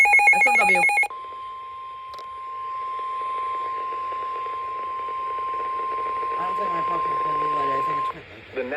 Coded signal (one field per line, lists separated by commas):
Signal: Emergency Alert System (SAME) tones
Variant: 1050 Hz attention tone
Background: speech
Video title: EAS 515-516 SMW KLWX KIH28 9/4/2025 @alexmanyt-bg